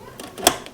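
An old water filter cartridge in a Frigidaire refrigerator's filter housing is pushed back until the latch releases. A sharp click comes at 0.5 s, with fainter taps and a brief scrape around it. The cartridge is freed from the housing so it can be pulled straight out.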